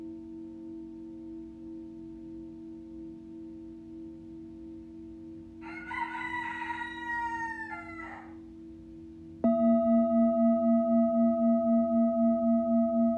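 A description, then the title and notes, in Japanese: A singing bowl rings out, its low, steady hum sounding under the whole clip. Around the sixth second a rooster crows for about two seconds. At about nine and a half seconds the bowl is struck loudly, and its bright tones sustain with a slow, regular wavering to the end. シンギングボウルの音。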